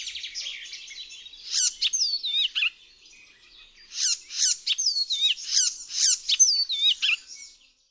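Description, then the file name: Icterine warbler song, hurried high twittering phrases mixing harsh chatter with slurred whistled notes, two bursts separated by a brief pause. "ZAGANIACZ"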